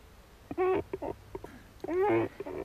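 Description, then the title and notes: Great cormorant giving two drawn-out calls and several short notes; quiet background. "Viikon luontoäänen merimetson"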